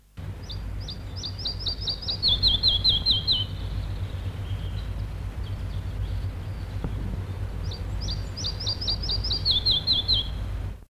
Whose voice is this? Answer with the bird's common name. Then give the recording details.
Red-breasted Flycatcher. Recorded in the wild. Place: Sachsenwald, Schleswig-Holstein, DE. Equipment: Halbspur, 9,5 cm/s. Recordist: Lütgens, Hans. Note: Gesang